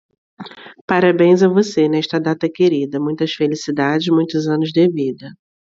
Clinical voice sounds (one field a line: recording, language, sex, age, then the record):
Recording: short text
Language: Brazilian Portuguese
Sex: female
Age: 40 to 49 years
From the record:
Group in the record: control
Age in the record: 41 years